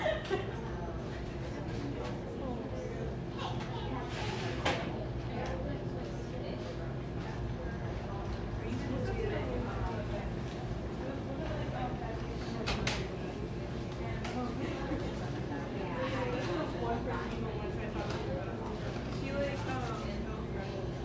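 Steady coffee shop chatter fills the whole stretch, many voices overlapping into a dense, even murmur over a low hum. Occasional sharp clinks and knocks cut through, most noticeably around four to five seconds and again near thirteen seconds.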